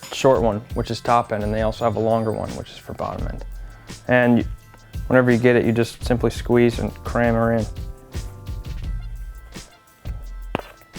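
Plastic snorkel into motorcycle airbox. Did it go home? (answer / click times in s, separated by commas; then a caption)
yes / 10.5 s. A plastic intake snorkel is squeezed and pushed into a motocross motorcycle airbox while someone talks over music. A sharp click at 10.5 s marks the snorkel seating in place.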